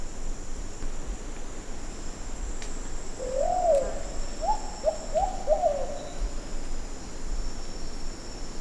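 Plumbeous pigeon giving a soft low coo series midway, one longer coo then three short ones, fairly faint under a continuous high insect drone.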